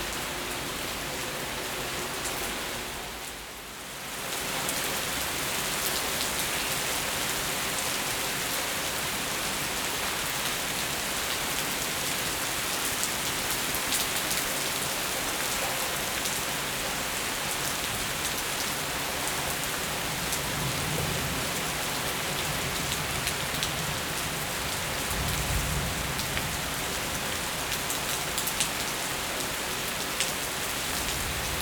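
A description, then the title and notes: Steady, dense rain patters on surfaces through a night, with a brief dip near four seconds and faint low rumbles around twenty-one and twenty-five seconds. In this episode, you will hear a rainy night in California.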